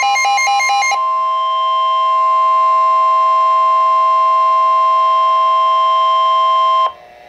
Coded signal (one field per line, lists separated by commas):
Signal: Emergency Alert System (SAME) tones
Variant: 1050 Hz attention tone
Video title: Severe Thunderstorm Warning [EAS #5] 5-27-12